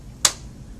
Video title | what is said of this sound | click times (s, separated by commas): How to assemble a Graco Lovin Hug Swing | you hear the two clicks we know it's assembled properly now | 0.2 s